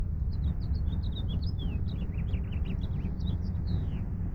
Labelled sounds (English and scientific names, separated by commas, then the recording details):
House Finch (Haemorhous mexicanus) song
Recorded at Breezy Point on Long Island, New York, on 4 June 1975
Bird B